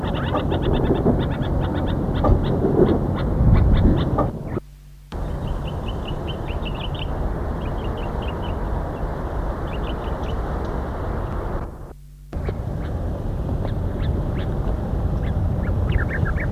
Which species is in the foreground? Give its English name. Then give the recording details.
White-spectacled Bulbul. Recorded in the wild. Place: IL. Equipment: Halbspur, 9,5 cm/s. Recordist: Lütgens, Hans